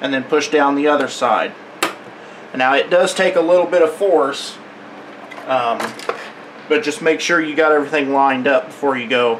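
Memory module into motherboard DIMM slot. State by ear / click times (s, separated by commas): seated / 1.8 s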